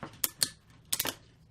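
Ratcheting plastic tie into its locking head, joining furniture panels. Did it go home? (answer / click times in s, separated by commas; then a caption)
yes / 0.2 s, 0.4 s, 0.9 s. A plastic ratcheting tie is pulled through its locking head to join furniture panels, giving sharp clicks at 0.2, 0.4 and 0.9 seconds as the teeth lock. Softer clicks follow at 1.0 and 1.1 seconds, and the tie cinches tight and holds.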